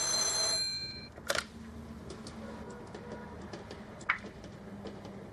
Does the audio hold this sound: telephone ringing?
yes